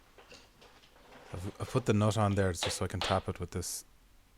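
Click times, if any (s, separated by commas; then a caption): none. A car driveshaft's inner CV joint is being fitted into the gearbox differential, with a nut threaded on its end to protect the threads before it is tapped with a nylon hammer. Someone talks throughout, and no taps or impacts are heard. The clip ends before the round spring clip pops into place, so nothing has seated yet.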